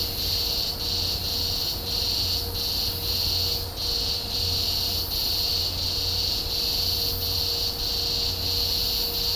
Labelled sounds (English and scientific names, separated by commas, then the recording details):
none
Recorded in dense forest near Puerto Asís, Putumayo, Colombia, on 26 December 2024 at 13:30
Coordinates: 0.503, -76.323
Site G043